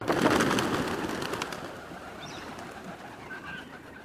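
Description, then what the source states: Pigeons taking off together: a loud burst of clattering, whirring wingbeats at the start that fades steadily into a soft rustle. Flock of pigeons taking off.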